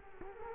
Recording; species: mosquito wingbeat signal from an infrared sensor; Culex quinquefasciatus